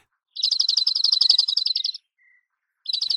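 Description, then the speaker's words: Junco giving a rapid, high, dry trill of evenly spaced ticking notes lasting over a second, then a pause and the trill starting again. Little calls likened to Morse code. "But one of the other things that I always like to refer to the juncos is like the Morse code bird because they make these little calls"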